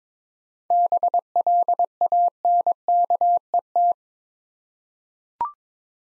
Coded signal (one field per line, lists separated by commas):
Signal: Morse code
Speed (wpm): 22 wpm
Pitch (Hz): 700 Hz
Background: none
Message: BLANKET